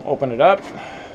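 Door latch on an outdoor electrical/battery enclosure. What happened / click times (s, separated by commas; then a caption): No latch knock yet; only a man talking, then quiet / none. Someone talks while handling the hinged door of an outdoor battery and electrical enclosure, which is about to be shut so its latch locks. The clip ends before the door is shut, and nothing has latched or clicked yet.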